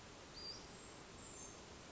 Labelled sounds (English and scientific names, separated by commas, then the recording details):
Western Flycatcher (Empidonax difficilis)
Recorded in Sonoma County, California